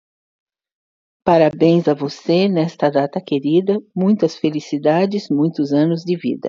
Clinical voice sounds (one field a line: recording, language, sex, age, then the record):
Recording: short text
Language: Brazilian Portuguese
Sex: female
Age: 60 to 69 years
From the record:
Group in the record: control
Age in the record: 62 years